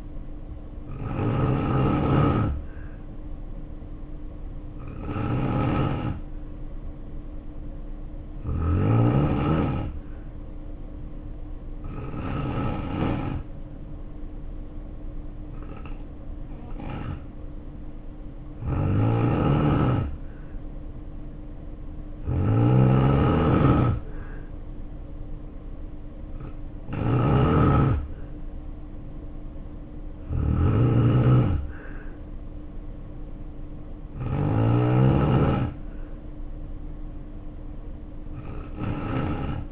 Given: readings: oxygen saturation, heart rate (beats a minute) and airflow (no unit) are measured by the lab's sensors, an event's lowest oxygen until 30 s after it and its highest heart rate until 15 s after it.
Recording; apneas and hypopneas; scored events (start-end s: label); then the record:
breathing in sleep by a smartphone at the bedside; 1
3.00-19.70 s: hypopnea (N2, oxygen 92% highest, then 89% lowest, heart rate 63 at the start, 63 highest)
From the record:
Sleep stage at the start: N2 (light sleep); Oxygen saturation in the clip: 89 to 92%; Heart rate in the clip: 57 to 63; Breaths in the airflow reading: 11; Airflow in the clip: -2.5 to 3.4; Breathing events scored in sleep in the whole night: 520 in 7.2 hours asleep